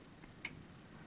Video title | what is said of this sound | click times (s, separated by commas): WJCU Sports Kit Operation | that little part and it snaps it just like so you hear that it snaps and just like that | 0.4 s